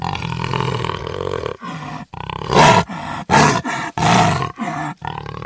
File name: evil jaguar